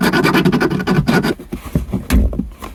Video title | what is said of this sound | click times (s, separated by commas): MANUAL TRANSMISSION 2024 Tacoma Z precision cupholder install | Hear that nice click? | 2.1 s